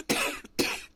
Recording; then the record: coughing mixed with background sound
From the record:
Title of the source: 64 coughing, allergies, singing lungs